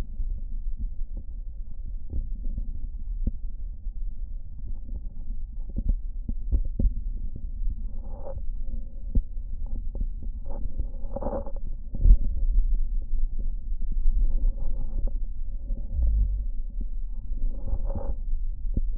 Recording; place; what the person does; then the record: lung sounds by stethoscope; right posterior basal chest; quiet breathing, then deep breathing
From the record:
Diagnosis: COPD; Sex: male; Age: 85 years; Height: 183 cm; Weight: 88 kg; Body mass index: 26.3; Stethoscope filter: diaphragm mode